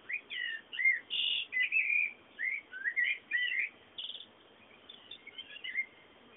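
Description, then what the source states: Bird song: a dense, lively stream of varied chirps, whistles and short trills for most, fading into softer notes near the end, over faint hiss. Background birdsong.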